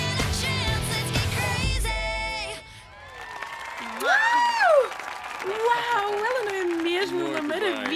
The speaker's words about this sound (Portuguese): Um grande aplauso para a Ana Savana.